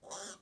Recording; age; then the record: pig call; piglet (1 to 25 days)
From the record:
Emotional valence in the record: negative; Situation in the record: restrain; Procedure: back test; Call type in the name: high-frequency call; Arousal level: low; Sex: female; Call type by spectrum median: high-frequency call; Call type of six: high-frequency stable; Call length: 0.42 s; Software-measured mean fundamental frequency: 205 Hz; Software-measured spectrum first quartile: 1015 Hz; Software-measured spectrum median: 3821 Hz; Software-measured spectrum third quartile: 6946 Hz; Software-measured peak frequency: 582 Hz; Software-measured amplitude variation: 131 dB a second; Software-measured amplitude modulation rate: 15.5 a second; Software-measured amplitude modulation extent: 8.4 dB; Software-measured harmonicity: 1.7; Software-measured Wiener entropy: -2.01